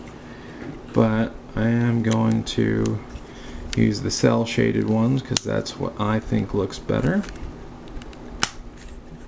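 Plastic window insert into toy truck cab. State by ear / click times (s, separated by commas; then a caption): seated / 8.4 s. A plastic cel-shaded window insert is pressed into the truck cab of a transforming robot toy while someone talks. Two faint ticks at about 8.0 and 8.1 s lead up to a sharp, bright snap at 8.4 s as the insert seats snugly in place.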